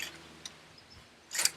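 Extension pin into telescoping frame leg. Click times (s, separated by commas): 1.5 s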